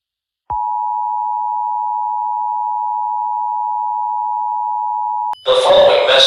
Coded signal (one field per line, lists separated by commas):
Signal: Emergency Alert System (SAME) tones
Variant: 853 and 960 Hz attention tone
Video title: eas scenario catemojibabyheat the young country bombers vs emoji baby abuse part 35 welcome to palo